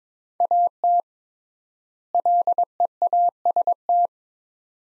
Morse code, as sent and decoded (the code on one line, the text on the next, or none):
.- - / .-.. . .- ... -
AT LEAST